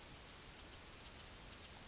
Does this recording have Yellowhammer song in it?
no